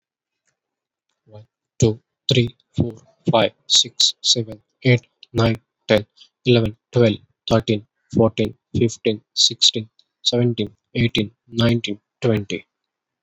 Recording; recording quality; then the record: counting at a normal pace; excellent, no background noise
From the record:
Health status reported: COVID-19 positive, mild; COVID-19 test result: positive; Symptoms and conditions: none ticked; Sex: male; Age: 30 years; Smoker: not ticked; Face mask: worn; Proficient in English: yes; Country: India